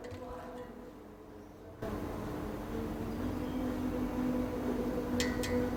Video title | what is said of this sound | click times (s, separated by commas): Solusi Mencegah Regulator Gas Elpiji Bocor dan Mampet | barusan terdengar bunyinya kita pasang aja terus sampai mentok | 5.2 s